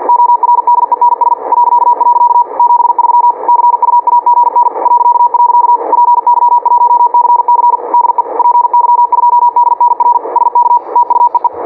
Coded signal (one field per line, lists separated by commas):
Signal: Morse code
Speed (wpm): 48 wpm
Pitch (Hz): 960 Hz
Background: none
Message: ORDENS .. 73 CUAGN .. PY1CC DE PY2DNR SK TU EE